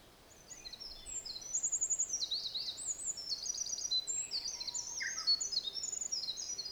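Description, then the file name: Olive-backed Pipit singing a long, hurried stream of high, sibilant trills and buzzy notes that change pitch constantly, with a brief lower chirp near the end. Recorded at Mt Hinoki. "Indian Tree Pipit At Mt Hinoki"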